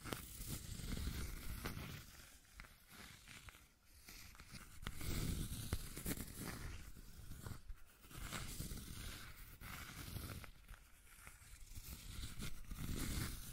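Scratching and tracing sounds, a rough scraping that rises and falls in strokes every couple of seconds, with louder passages around 5 and 9–13 seconds. The texture is dense and gritty, heavy in the low end with a thin hiss above and occasional small crackles.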